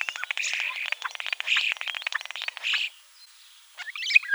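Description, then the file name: Common starling: a rapid clicking rattle with squeaks for about three seconds, a short pause, then a squeaky twisting whistle. "Sturnus vulgaris"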